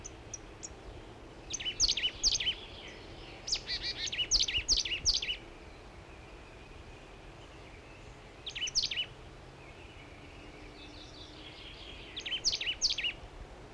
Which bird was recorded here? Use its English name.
Marsh Tit